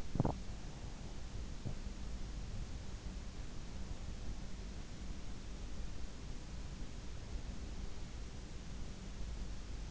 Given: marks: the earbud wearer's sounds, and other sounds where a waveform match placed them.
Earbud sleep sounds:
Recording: sounds in sleep by an in-ear microphone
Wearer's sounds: teeth grinding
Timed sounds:
0.00-0.90 s: teeth grinding

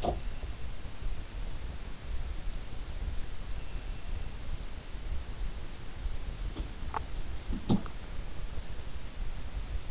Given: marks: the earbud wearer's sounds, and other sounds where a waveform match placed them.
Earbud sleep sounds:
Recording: sounds in sleep by an in-ear microphone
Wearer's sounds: teeth grinding, swallowing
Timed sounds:
0.00-0.23 s: teeth grinding
6.52-7.55 s: swallowing
7.65-7.90 s: sound from someone else or the room

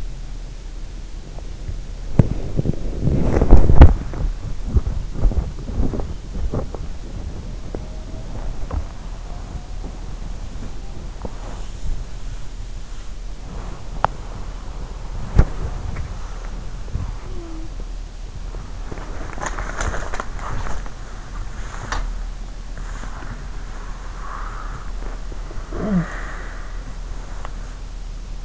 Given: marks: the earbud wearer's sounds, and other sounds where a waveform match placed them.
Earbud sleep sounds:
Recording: sounds in sleep by an in-ear microphone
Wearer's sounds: body movement, breath, talking in sleep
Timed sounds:
1.23-28.45 s: body movement
16.75-18.12 s: sound from someone else or the room
23.73-26.76 s: breath
25.61-26.16 s: talking in sleep

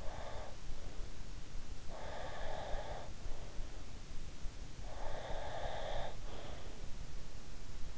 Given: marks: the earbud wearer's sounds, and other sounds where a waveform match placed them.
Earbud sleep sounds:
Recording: sounds in sleep by an in-ear microphone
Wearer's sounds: breath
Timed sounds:
0.00-0.99 s: breath
1.77-3.20 s: breath
4.99-6.82 s: breath

